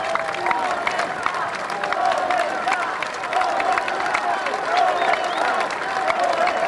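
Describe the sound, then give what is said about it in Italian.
A large crowd of activists claps steadily and densely throughout as a coffin is received, while many voices chant the word 'onestà' in unison over the applause, the whole scene loud and sustained. “c'erano tanti attivisti e poi è arrivata anche una delegazione del PD con Fiano e Guerini, seppure siano stati fischiati dai militanti, e il feretro poi è stato accolto, come vi dicevo, da un coro di applausi e dal grido onestà, onestà.”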